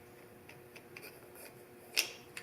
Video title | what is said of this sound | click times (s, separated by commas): NSG370 Jeep TJ rebuild video #13 | until it snaps in so all three of those should be lined up | 2.0 s